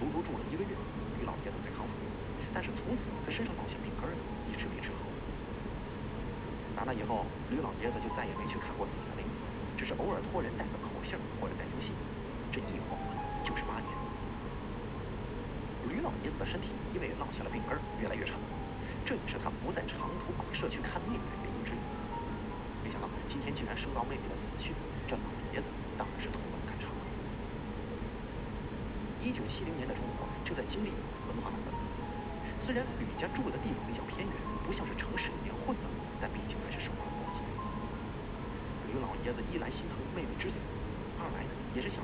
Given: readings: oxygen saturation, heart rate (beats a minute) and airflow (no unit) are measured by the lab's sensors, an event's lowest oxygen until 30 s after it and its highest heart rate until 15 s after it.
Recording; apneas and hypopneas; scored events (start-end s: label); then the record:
a person awake in a sleep study, by a voice recorder at the bedside; none
0.00-42.03 s: awake
From the record:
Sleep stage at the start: awake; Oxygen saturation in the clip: 94%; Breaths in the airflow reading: 12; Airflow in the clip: -1.3 to 2.3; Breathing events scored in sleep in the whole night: 335 in 6.7 hours asleep